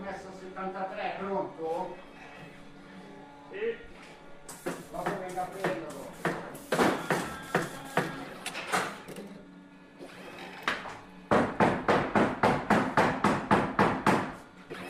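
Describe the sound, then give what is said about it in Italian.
Work sounds in a bookbindery run as a social cooperative: sharp knocks and mechanical thuds come in irregular bursts, then settle into a fast, steady run of clacks, with a voice murmuring briefly at the start. “…, che coordina i lavori in questa legatoria, che è anche cooperativa sociale”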